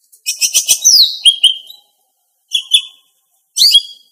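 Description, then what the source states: Greater green leafbird song: a fast jumbled phrase of high whistles and chatter, followed by two short sharp notes. Female bird.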